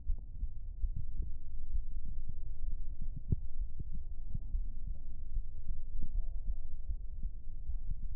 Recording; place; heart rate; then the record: heart sounds by stethoscope; pulmonary valve (PV); 65 bpm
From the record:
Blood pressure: 106/76 mmHg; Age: 28 years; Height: 165 cm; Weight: 68 kg